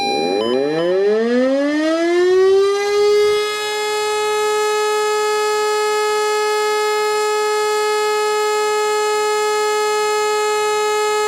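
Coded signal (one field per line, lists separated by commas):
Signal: siren signal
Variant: German Feueralarm, E57 siren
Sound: mechanical siren spinning up over about 3 seconds, then one steady wailing tone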